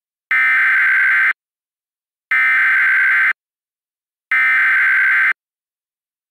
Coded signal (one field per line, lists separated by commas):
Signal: Emergency Alert System (SAME) tones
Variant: header bursts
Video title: EAS Reenactment Mock: "capable of producing a tornadoes" - 03/29/2018